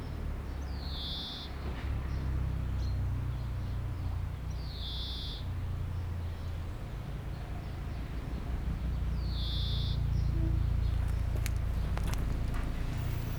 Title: 30 Rue Eugène Fert, 73100 Aix-les-Bains, France - Pinson des arbres